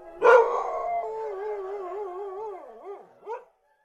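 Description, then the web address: Dog opens with a sharp bark that turns into a long, trembling howl, wavering steadily before breaking into two short yips. "animal dog"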